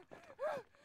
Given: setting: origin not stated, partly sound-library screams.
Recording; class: one-second piece from a danger detection set; woman in danger